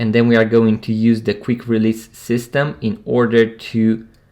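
Someone talks while handling a 2025 Swatch x Omega official rubber watch strap, lining up its quick-release spring bar with the lug holes of the watch case at 12 o'clock. Only speech is heard, with no click, and the spring bar has not seated in the lugs yet.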